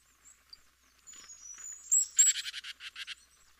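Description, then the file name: Great tit calls: a few thin high notes, then a rapid run of harsh, buzzy notes. "Parus major"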